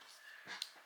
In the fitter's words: make sure it clicks and can't come out neither of those can come out which is what we want